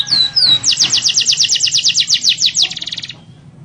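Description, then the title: Canary song: two slurred whistles lead into a fast loud rolling trill that speeds up and fades away. Song used as a lure to make lazy, non-singing canaries start singing steadily. "mster Mnuk. PANCINGAN KENARI"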